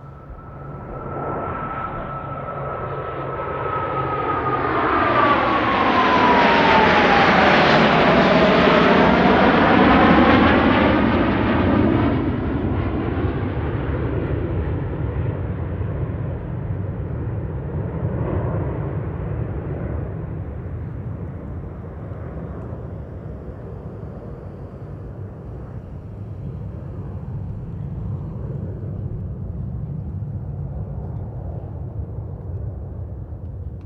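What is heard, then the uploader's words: A jet fighter passes by overhead, its roar building from the start to a loud peak around seven to ten seconds, with a high whine sliding downward as it goes by. Afterward a low rumble lingers and slowly fades as the jet moves away. Blue Angels F/A-18 Hornet Passby. Recorder: SD702 mid-side configuration mid: MKH8060 side: MKH30. Situated along the shore of Lake Washington.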